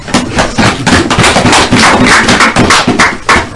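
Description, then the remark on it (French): A crowd claps steadily and loudly for several seconds for a woman, a sister, during a Christian teaching session, a dense, crackling wash of many hands with no one speaking over it. “Ah, applaudissons pour la sœur.”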